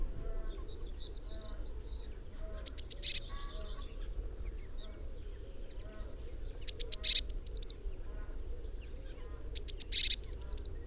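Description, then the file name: Eurasian blue tit calls: high, thin notes then a quick series of sharp descending chips, given in three bursts a few seconds apart; a low background hum. "Cyanistes caeruleus"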